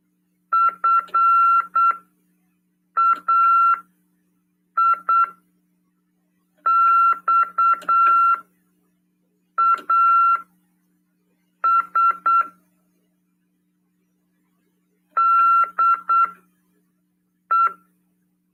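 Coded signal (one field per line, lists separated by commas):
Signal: Morse code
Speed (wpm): 8 wpm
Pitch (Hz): 1360 Hz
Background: none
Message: FAIXAS DE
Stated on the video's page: Amateur radio lesson on CW, transmitted on FM 146.410 MHz.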